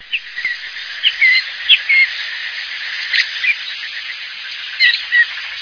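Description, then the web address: Bird calls: scattered short whistled chirps and downslurred notes, some in quick pairs, rising above a steady hiss. Recorded in Higashiosaka, Japan. "higashiosaka bird koe"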